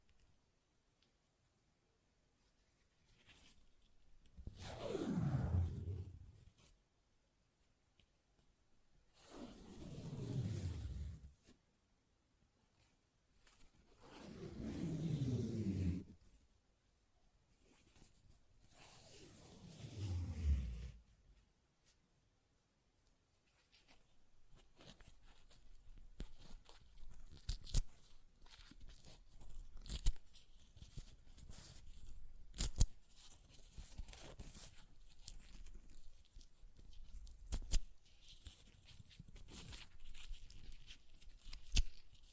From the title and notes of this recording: ASMR Paper Ripping Tearing Sounds (No Talking).